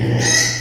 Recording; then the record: squeal of a Yucatan mini pig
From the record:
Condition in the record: before surgery on the right vocal fold (resection and tissue-engineered implant); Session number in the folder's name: 2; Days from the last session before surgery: 0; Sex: male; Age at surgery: 12 weeks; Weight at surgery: 13 kg